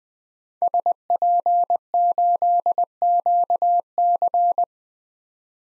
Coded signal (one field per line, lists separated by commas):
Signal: Morse code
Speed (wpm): 21 wpm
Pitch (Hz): 700 Hz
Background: none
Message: SP8QC